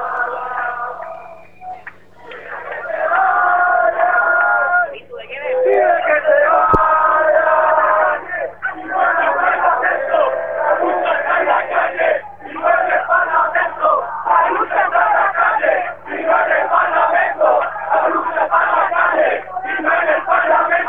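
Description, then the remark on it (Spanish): A large protest crowd in a town square in Málaga, Spain, in front of the city hall, chants and shouts together in rhythmic bursts demanding the mayor go, loud and sustained with brief pauses between phrases, heard over a phone line with a steady low hum underneath. “No sé si puedes dejar un momento sonando al aire el teléfono para poder escuchar de fondo. Sí, claro. Qué suenan las plazas.”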